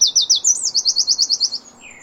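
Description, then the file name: Eurasian wren song ending: a rapid series of high, sharply repeated notes, with a brief fainter lower note after it stops. "Troglodytes troglodytes"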